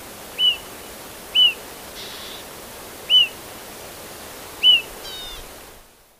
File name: decu call omkicau